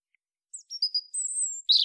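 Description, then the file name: European robin song phrase: thin high whistled notes, a long drawn-out high whistle, then a brief scratchy burst at the close. "Erithacus rubecula"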